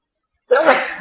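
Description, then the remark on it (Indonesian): A single sharp sneeze bursts out of silence halfway through, loud and breathy at first, then trailing off into a brief voiced tail. “Alhamdulillah.”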